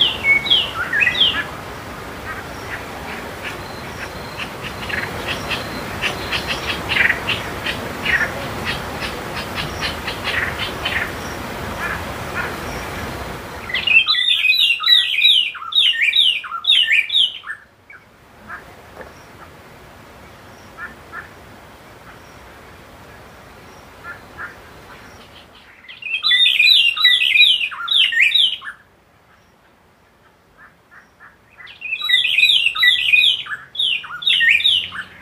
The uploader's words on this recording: Morning on the Zambezi River. Recorded near Simonga, Zambia.